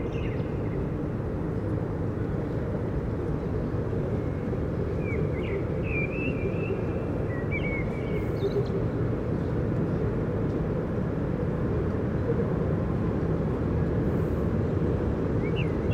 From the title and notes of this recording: Overhead overview, a public space, immediately south of Holland Spoor rail station, Den Haag, Netherlands, a given spring evening of the year 2019 – warm air, birds; foot, bicycle and scooter traffic; birds.